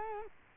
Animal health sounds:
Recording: mosquito wingbeat signal from an infrared sensor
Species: Culex quinquefasciatus

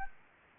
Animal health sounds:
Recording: mosquito wingbeat signal from an infrared sensor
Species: Anopheles gambiae

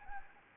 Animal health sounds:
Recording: mosquito wingbeat signal from an infrared sensor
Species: Anopheles gambiae

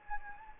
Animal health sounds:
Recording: mosquito wingbeat signal from an infrared sensor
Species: Anopheles gambiae

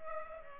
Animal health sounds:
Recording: mosquito wingbeat signal from an infrared sensor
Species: Culex pipiens

